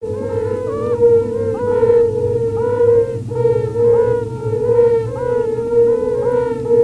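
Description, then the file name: Yellow-bellied toad chorus: gentle, musical 'uh' notes from several callers overlapping in a steady pulsing rhythm roughly every second, with a low droning background. "Bombina variegata"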